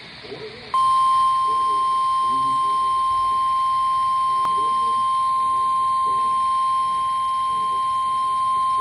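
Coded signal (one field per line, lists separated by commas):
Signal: Emergency Alert System (SAME) tones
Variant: 1050 Hz attention tone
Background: speech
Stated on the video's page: Weather radio capture of a Severe Thunderstorm Warning alert.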